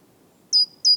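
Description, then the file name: Great tit calls: two very high, thin, slightly downslurred notes about a third of a second apart, over a quiet background. "Parus major"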